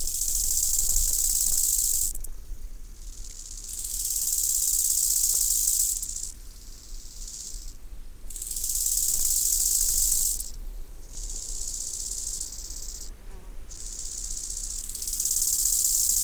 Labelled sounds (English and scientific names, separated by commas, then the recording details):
Bow-winged Grasshopper (Chorthippus biguttulus) stridulation
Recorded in the wild
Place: Groß Schönebeck, Schorfheide, Brandenburg, DE
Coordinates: 52.91, 13.53
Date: 1996-08-02 16:19
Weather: sonnig, 22°C, böiger Wind
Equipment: Sony MD-WM MZ-R3, Sennheiser ME 80, Kopie Uher 4000 Report Monitor
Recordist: Tembrock, Günter